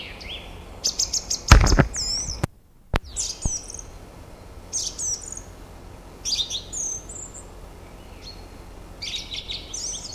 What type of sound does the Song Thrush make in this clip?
song